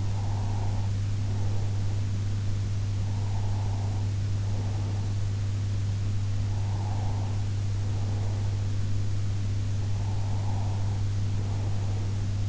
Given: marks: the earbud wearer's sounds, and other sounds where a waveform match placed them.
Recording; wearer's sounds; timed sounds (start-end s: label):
sounds in sleep by an in-ear microphone; breath
0.00-2.34 s: breath
3.17-5.66 s: breath
6.40-8.89 s: breath
9.86-12.48 s: breath